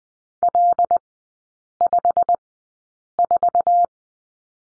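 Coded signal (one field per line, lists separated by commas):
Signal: Morse code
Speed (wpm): 20 wpm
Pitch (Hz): 700 Hz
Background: none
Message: L54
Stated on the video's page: Morse course lesson on three-character groups with the number 5, Farnsworth speed 20/10 wpm.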